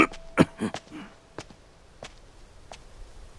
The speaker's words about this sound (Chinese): 寒风吹进书房，他重重咳嗽几声，收回手，入了暖阁休憩。